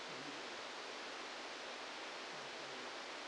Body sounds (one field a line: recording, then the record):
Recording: brain microelectrode recording played as sound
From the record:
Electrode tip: outside the subthalamic nucleus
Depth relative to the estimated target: -4 mm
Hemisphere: left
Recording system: NeuroSet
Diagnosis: Parkinson's disease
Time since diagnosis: 10 years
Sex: male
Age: 63 years